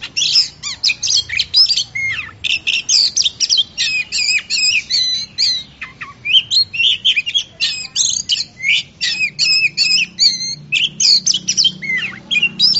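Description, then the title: Oriental magpie-robin song of quick harsh chatters mixed with short whistled phrases, delivered in steady bursts. Champion-class songbird. "Kicau Burung Kacer Juara"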